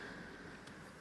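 During a USB charging port replacement on a Samsung Galaxy Tab A7 Lite (T220/T225), a flex cable is folded over and its connector is brought to the board socket. Only steady, low-level broadband noise is heard, with a brief faint hiss near 0.7 s. Nothing has seated or clicked yet.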